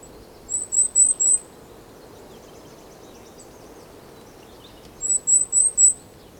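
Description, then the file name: Goldcrest uttering two brief clusters of four needle-thin, high-pitched notes, about four seconds apart, with soft hiss between. Song; Europe. "Wintergoldhaehnchen Gesang Voegel in Europa"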